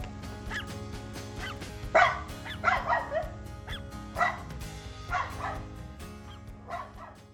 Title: 10 Perros Ladrando Fuerte para Molestar a tu Perro o Gato